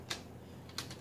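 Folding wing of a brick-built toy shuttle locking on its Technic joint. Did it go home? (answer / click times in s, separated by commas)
yes / 0.8 s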